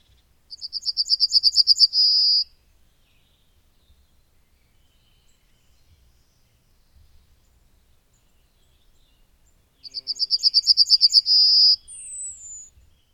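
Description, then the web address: Bird song heard twice, several seconds apart. Each phrase is a rapid trill of high chirps ending in a sustained whistle, the second followed by a high descending whistle. "madarak enek"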